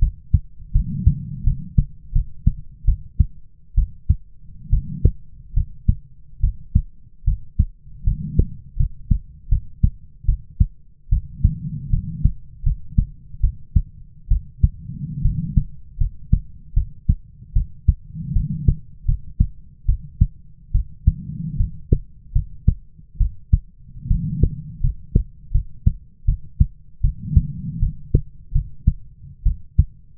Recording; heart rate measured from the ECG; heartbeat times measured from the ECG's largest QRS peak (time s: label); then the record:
heart sounds by stethoscope; 75 bpm
0.73 s: heartbeat
1.44 s: heartbeat
2.13 s: heartbeat
2.85 s: heartbeat
3.75 s: heartbeat
4.70 s: heartbeat
5.54 s: heartbeat
6.41 s: heartbeat
7.25 s: heartbeat
8.04 s: heartbeat
8.77 s: heartbeat
9.49 s: heartbeat
10.26 s: heartbeat
11.10 s: heartbeat
11.90 s: heartbeat
12.63 s: heartbeat
13.41 s: heartbeat
14.28 s: heartbeat
15.22 s: heartbeat
15.98 s: heartbeat
16.74 s: heartbeat
17.53 s: heartbeat
18.33 s: heartbeat
19.06 s: heartbeat
19.86 s: heartbeat
20.72 s: heartbeat
21.57 s: heartbeat
22.33 s: heartbeat
23.18 s: heartbeat
24.08 s: heartbeat
24.81 s: heartbeat
25.52 s: heartbeat
26.26 s: heartbeat
27.01 s: heartbeat
27.80 s: heartbeat
28.52 s: heartbeat
29.43 s: heartbeat
From the record:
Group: healthy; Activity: rest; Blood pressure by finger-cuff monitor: 108/71 mmHg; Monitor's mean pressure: 85 mmHg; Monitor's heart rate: 75 bpm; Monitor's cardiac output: 6.3 L/min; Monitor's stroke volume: 82 mL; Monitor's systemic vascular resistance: 970 dyn s/cm5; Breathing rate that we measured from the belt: 18 breaths a minute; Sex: female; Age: 22 years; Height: 157 cm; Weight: 47.6 kg